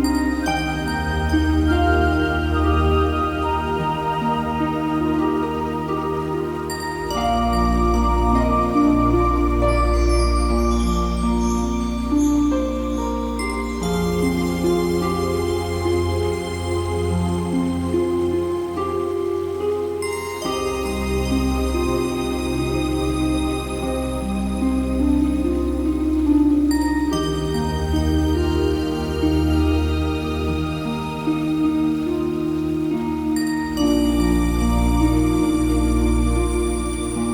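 Chakra meditation music made of long, sustained tones layered over a deep, steady drone. The chords shift smoothly about every six or seven seconds, with soft bell-like high tones ringing above, and the level stays even throughout.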